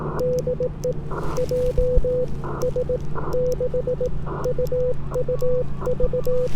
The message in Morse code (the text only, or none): DE JS6UUV